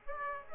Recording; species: mosquito wingbeat signal from an infrared sensor; Aedes aegypti